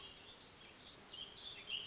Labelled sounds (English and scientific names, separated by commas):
Warbling Vireo (Vireo gilvus)